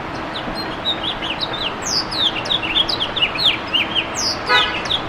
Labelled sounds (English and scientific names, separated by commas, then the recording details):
House Finch (Haemorhous mexicanus) song
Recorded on Long Island, New York, on 11 June 2012
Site HB
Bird D